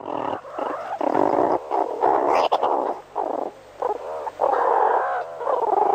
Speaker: Und so klingt eine Unterrichtsstunde bei den Erdmännchen.